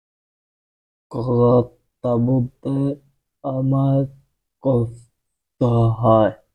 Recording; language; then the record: elicited speech; Bengali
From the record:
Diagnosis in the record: Broca's or global aphasia after a stroke